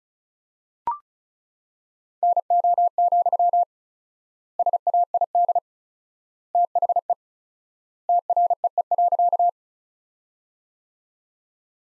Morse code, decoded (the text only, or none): NO, SAID THE TREE.